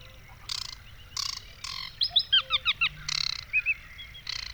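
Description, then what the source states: Bird giving repeated buzzy nasal notes, interrupted by a rapid run of bright chirping, down-slurred whistles, then more buzzy notes. Song flights at dusk.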